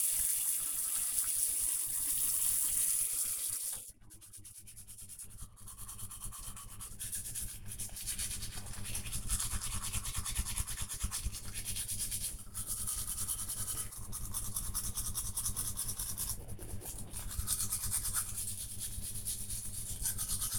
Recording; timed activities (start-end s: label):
household activities, microphone on the right wrist
0.00-20.59 s: brushing teeth